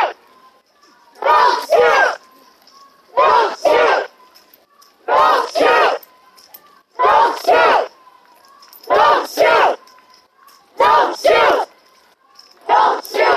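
A protest crowd chants in unison, shouting a two-part phrase about every two seconds in a steady, insistent rhythm. Short near-silent gaps separate the shouts, and a faint thin tone lingers underneath throughout.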